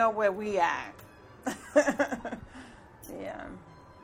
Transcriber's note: laughs